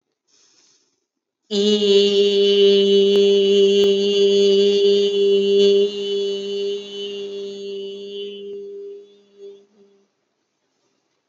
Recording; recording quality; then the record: sustained vowel as in beet; excellent, no background noise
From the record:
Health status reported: exposed to COVID-19, no respiratory illness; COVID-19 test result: negative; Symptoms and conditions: none ticked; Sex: female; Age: 29 years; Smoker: not ticked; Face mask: worn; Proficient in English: yes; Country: India